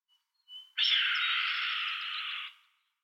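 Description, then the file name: Red-tailed hawk scream: a faint thin whistle, then a long raspy, hoarse cry of nearly two seconds that fades out. "John Neville - Red-Tailed Hawk Buse a Queue Rousse"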